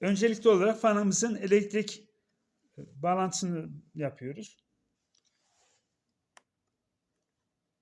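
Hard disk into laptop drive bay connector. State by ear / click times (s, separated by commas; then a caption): seated / 6.4 s. Someone talks for about the first four and a half seconds while a hard disk, its electrical connection already made, is lined up with the mounting slots and pushed into the laptop drive bay connector. After a quiet pause, a single short sharp click sounds at 6.4 s as the hard disk seats in its bay.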